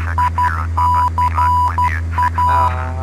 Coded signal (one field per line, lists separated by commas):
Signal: Morse code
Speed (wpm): 12 wpm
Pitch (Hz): 990 Hz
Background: none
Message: ICA